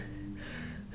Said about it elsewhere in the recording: A wheeze, which is an expiratory sound. You can really hear that expiratory noise, mm-hmm. which is classic of bronchiolitis mm-hmm. or asthma.